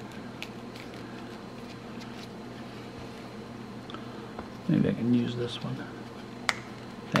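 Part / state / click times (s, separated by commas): snap-fit cover clip of a Bluetooth tracker tag housing / released / 6.5 s, 7.2 s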